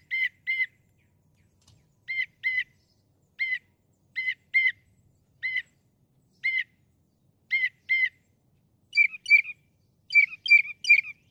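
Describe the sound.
Northern mockingbird song with repeated chirps, mostly paired, spaced about a second apart, changing to a richer triple-note phrase toward the end.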